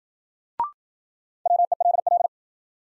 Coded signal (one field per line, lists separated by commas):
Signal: Morse code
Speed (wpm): 52 wpm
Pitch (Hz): 700 Hz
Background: none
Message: WELL